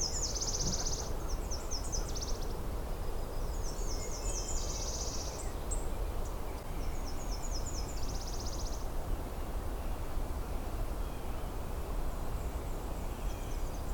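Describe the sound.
Nashville warbler song, high and sweet: a run of notes ending in a rapid buzzy trill, repeated several times against a constant low background hiss and rumble.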